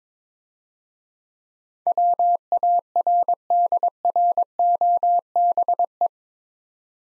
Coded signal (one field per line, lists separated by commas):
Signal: Morse code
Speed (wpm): 22 wpm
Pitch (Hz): 700 Hz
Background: none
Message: WARDROBE